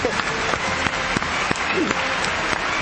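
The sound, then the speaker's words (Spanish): Loud, sustained applause from a crowd introducing the show La Hora Doble on LR4 Radio Splendid, Buenos Aires, a dense wash of many hands clapping at a steady level, with a few sharper claps standing out through the whole stretch. “Fuertes aplausos.”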